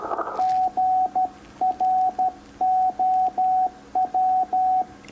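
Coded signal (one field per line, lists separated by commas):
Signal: Morse code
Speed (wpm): 13 wpm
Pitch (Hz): 750 Hz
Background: radio noise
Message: GROW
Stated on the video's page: Morse youth outreach presentation; the ending high-speed message was sent inaccurately and ended in gibberish.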